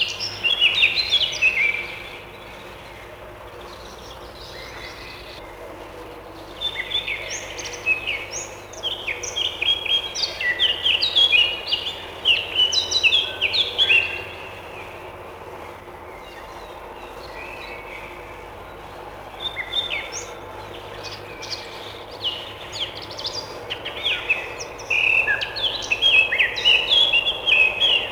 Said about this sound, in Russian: Это поползень. Давай постоим тихо и послушаем, как поет он свою песню.